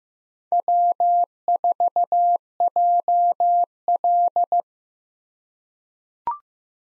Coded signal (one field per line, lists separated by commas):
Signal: Morse code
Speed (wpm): 15 wpm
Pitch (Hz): 700 Hz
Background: none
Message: W4JL